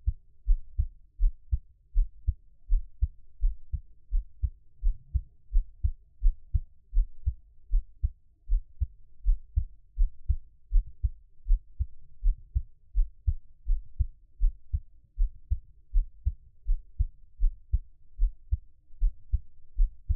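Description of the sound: A normal adult heartbeat, steady at about 80 beats per minute, with deep low-pitched thuds and no talking.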